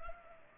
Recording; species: mosquito wingbeat signal from an infrared sensor; Culex pipiens